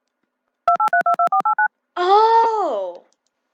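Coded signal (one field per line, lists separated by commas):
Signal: DTMF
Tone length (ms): 110 ms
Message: 2832489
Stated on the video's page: Alert tones made with an art tool and Audacity or another audio editor.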